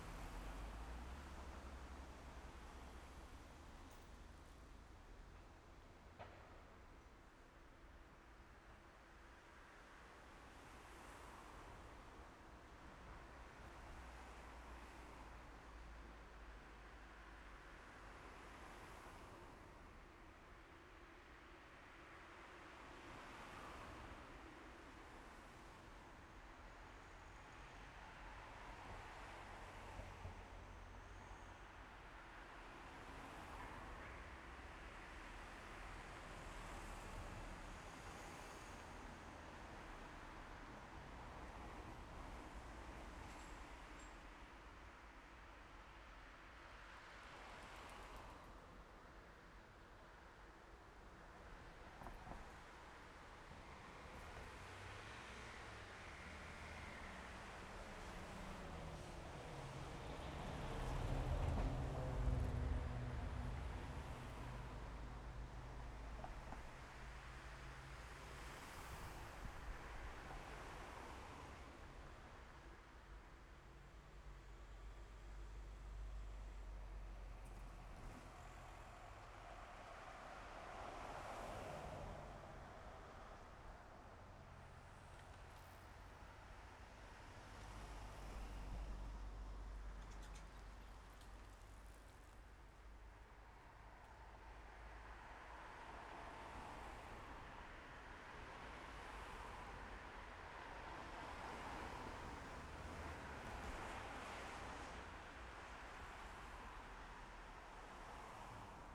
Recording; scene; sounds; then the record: everyday scene through a hearing-aid microphone; in traffic; traffic, machine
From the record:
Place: main road on the outskirts, rush hour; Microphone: behind the ear, left, front